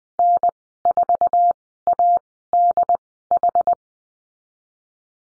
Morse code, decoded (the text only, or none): N4ADH